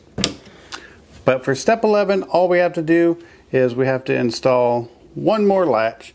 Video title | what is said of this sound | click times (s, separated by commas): Furpezoo Wood Dog Kennel full assembly! | you heard the magnet click. So there is a magnet to hold this. | 0.2 s